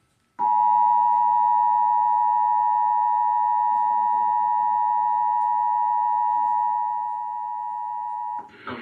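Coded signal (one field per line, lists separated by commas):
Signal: Emergency Alert System (SAME) tones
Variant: 853 and 960 Hz attention tone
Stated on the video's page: Flash Flood Warning EAS alert carried on Spectrum Cable in Akron, Ohio.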